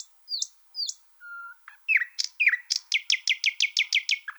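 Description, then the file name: Thrush nightingale song: a few high flicked notes, a low pure whistle, then a steady series of loud, sharp chacking notes. "solovey obyknovennyy golos"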